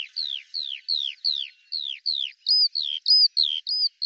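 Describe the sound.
Eurasian skylark singing a series of slurred downward whistles, then shifting to short arched notes repeated at a quick pace.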